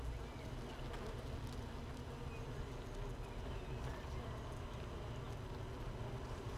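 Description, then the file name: Honey bees producing an even, low buzzing hum inside the hive, unbroken for the whole stretch. Hive 1, colony without a queen, recorded 31 May 2018 at 15:30. "Hive 1 31 05 2018 NO Queen Bee H 1 audio 15 30 00"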